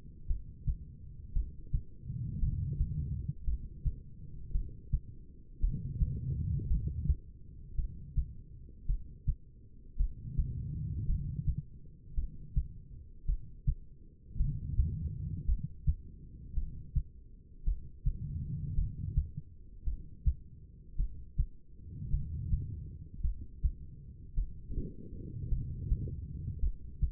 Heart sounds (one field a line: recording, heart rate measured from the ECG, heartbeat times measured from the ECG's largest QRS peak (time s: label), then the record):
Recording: heart sounds by stethoscope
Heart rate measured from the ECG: 55 bpm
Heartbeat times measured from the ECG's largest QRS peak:
0.27 s: heartbeat
1.33 s: heartbeat
2.40 s: heartbeat
3.45 s: heartbeat
4.52 s: heartbeat
5.60 s: heartbeat
6.68 s: heartbeat
7.75 s: heartbeat
8.86 s: heartbeat
9.97 s: heartbeat
11.06 s: heartbeat
12.15 s: heartbeat
13.26 s: heartbeat
14.37 s: heartbeat
15.46 s: heartbeat
16.54 s: heartbeat
17.64 s: heartbeat
18.75 s: heartbeat
19.84 s: heartbeat
20.96 s: heartbeat
22.10 s: heartbeat
23.22 s: heartbeat
24.35 s: heartbeat
25.49 s: heartbeat
26.60 s: heartbeat
From the record:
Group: heart failure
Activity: rest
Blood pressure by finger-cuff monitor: 75/48 mmHg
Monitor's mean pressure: 57 mmHg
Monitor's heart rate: 54 bpm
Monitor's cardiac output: 2.8 L/min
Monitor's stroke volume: 51 mL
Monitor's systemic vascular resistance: 1480 dyn s/cm5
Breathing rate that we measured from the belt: 16 breaths a minute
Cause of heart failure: non-ischemic cardiomyopathy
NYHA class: 1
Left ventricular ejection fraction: 52%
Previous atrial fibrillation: present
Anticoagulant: apixaban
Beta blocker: bisoprolol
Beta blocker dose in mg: 10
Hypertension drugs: sacubitril-valsartan, spironolactone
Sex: female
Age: 68 years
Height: 169 cm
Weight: 71 kg